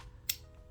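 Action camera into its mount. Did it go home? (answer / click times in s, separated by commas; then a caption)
yes / 0.3 s. A small action camera is pressed into its mount, which has metal latches and a thread for a selfie stick or tripod. A single sharp, loud click sounds at 0.3 s over a quiet low background. The camera is seated and latched in place.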